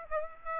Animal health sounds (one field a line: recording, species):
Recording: mosquito wingbeat signal from an infrared sensor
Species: Aedes aegypti